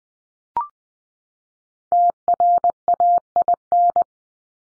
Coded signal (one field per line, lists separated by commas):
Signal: Morse code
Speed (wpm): 20 wpm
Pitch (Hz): 700 Hz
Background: none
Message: TRAIN